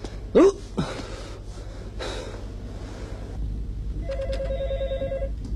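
After a few sharp gasping breaths, a telephone starts ringing with a steady, bright, buzzing trill that lasts over a second, sounding alone over a low background rumble.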